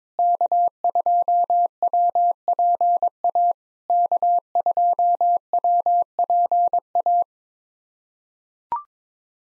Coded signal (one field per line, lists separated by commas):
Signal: Morse code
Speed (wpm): 22 wpm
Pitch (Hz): 700 Hz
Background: none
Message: K2WPA K2WPA